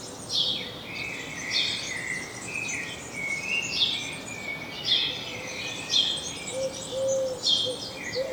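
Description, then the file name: House sparrow chirps, bright harsh notes repeated about once a second, mixed with softer lower twittering and a faint steady background hiss. "Passer domesticus"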